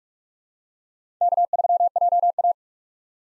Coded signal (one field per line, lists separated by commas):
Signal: Morse code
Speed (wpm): 43 wpm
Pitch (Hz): 700 Hz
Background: none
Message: K3JA